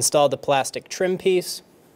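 Someone talks for most of the clip while the plastic engine trim cover is handled for installation onto the engine of a 2012–2020 Chevrolet Sonic during an ignition coil replacement. The talking stops at about 1.6 s, leaving quiet before a brief sharp sound right at the end, near 2.0 s. The trim piece has not been pushed home and has not clicked into place yet.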